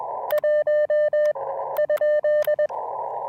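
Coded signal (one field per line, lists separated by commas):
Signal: Morse code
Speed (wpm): 21 wpm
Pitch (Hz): 1800 Hz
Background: none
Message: 1?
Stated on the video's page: QRP CW POTA park activation using Elecraft KX2 with KXPD2 paddles and an end-fed half-wave antenna.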